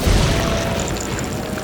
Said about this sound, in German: Und das Ungewitter begann sein Spann. Wolkenbruch, Orkan, Wetterleuchten, Blitze, Detonationen, Gekreisch, Brüllen, Pfeifen. Entfesselung der Ungeheuer. Der Wind wehte mit der Wucht eines Donners. Der Regen fiel nicht. Er stürzte herab.